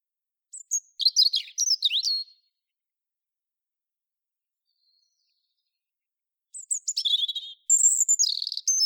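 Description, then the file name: European robin delivering tumbling high warbles and sliding notes, a quiet gap, then a second, denser phrase of thin whistles and trills. "Erithacus rubecula"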